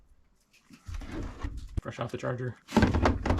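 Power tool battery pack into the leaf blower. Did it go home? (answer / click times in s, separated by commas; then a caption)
no / none. A freshly charged power tool battery pack is handled at the battery port of a Milwaukee M18 Fuel leaf blower while someone talks, with a few short handling knocks around 0.9, 1.8, 3.1 and 3.3 seconds. The clip ends before the pack goes home, and nothing has seated or clicked yet.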